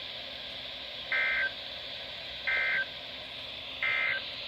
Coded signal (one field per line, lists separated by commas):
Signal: Emergency Alert System (SAME) tones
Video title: Summers not over yet EAS#290-306 8/28/20 - 9/1/20